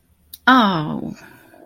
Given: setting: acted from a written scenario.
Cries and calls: vocal sound without words; guilt

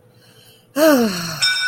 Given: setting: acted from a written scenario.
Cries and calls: vocal sound without words; pride

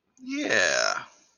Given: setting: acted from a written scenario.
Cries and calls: vocal sound without words; realization

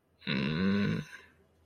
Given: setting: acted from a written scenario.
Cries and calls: vocal sound without words; embarrassment

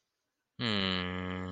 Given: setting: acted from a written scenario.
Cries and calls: vocal sound without words; sadness

